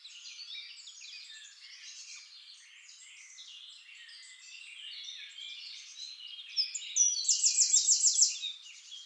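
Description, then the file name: Eurasian wren song: dense scratchy chirping and twittering, then a sharp, fast trill bursting out near the end. "Troglodytes troglodytes"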